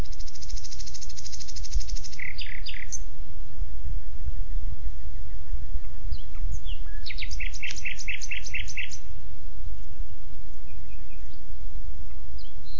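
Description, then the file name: Common nightingale delivering a fast buzzy trill, then a few sharp notes and later a rhythmic series of repeated chips, over low continuous rumble. "Luscinia megarhynchos"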